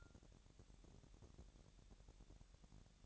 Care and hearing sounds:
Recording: daily activity, microphone in the room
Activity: take from stove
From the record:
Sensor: 3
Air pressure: 1012.0 hPa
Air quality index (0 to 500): 198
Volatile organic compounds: 3 ppm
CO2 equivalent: 1482 ppm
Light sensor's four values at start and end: 121/284/118/106 and 121/284/118/106

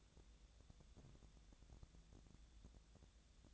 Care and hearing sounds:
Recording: daily activity, microphone in the room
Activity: take from stove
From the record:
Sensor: 3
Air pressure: 999.9 hPa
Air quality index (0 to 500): 126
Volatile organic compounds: 2 ppm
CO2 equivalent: 1125 ppm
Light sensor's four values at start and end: 42/106/46/50 and 42/106/45/50

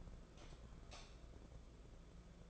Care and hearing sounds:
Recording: daily activity, microphone in the room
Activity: light off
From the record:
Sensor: 5

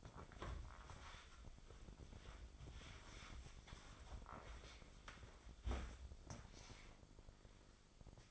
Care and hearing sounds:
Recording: daily activity, microphone in the room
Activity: wipe stove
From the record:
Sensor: 5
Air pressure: 996.2 hPa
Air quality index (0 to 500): 98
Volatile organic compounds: 6 ppm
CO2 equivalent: 1876 ppm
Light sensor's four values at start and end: 39/92/38/41 and 41/96/40/44

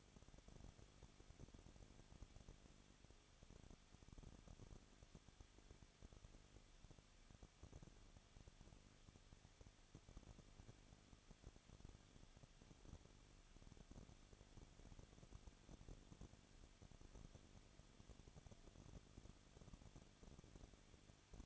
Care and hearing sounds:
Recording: daily activity, microphone in the room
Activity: no activity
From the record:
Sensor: 4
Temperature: 23.1 degrees Celsius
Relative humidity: 34.5%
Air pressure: 1007.2 hPa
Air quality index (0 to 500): 215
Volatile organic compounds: 15 ppm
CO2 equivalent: 2489 ppm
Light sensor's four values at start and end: 2/3/1/1 and 2/3/1/1

